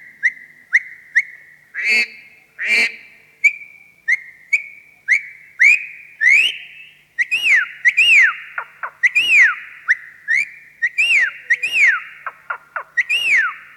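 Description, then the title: Javan pied starling starting with evenly spaced rising chirps, then shifting to loud arched whistles and rapid chirp clusters, with a couple of harsh bursts early. "Jalak Uren"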